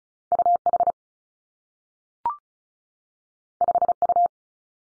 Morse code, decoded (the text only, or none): U H 5 U